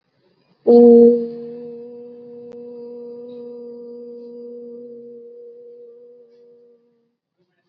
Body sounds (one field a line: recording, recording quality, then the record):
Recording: sustained vowel as in boot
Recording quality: excellent, no background noise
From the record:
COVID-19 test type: RT-PCR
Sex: female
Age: 24 years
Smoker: no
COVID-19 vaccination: both doses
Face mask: worn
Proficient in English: yes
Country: India